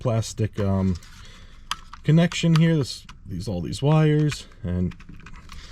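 A wiring harness plug is handled at the replacement master power window switch in the door trim panel of a Subaru Forester, ready to be pushed gently onto the back of the switch. Someone talks throughout, with a few faint ticks and taps between phrases. Nothing has seated or clicked yet.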